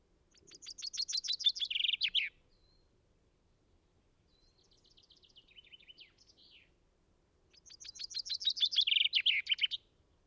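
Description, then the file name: Common chaffinch giving two full songs several seconds apart. Each is a fast falling trill with an end flourish, and a softer twittering phrase comes in between. "Fringilla coelebs"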